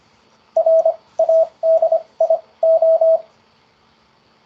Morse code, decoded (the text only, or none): RADIO